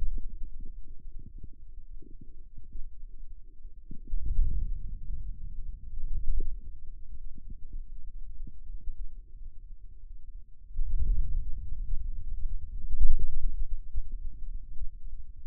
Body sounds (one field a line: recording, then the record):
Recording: forearm muscle sounds (acoustic myography)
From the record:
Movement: ulnar deviation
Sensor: system 2, bracelet of six BSWA MPA416 microphones around the upper forearm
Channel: 3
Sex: male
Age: 22 years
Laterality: right